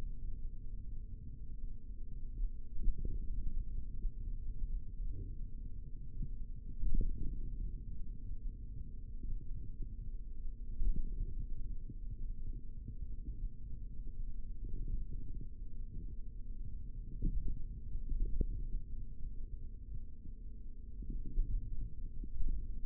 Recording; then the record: forearm muscle sounds (acoustic myography)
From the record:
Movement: finger pinch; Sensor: system 3, bracelet of six PUI Audio POM-2738L microphones around the upper forearm, with dedicated amplification and filtering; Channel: 3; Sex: male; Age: 25 years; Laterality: right